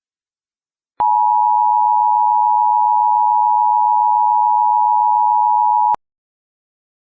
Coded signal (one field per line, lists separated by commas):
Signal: Emergency Alert System (SAME) tones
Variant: 853 and 960 Hz attention tone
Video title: EAS Scenario: Absolutely Radioactive Part 1